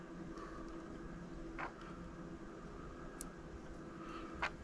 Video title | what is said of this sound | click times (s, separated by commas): Hexacopter Drone Build Project – Part 7 Onboard OLED Display | okay so that will click in there | 3.2 s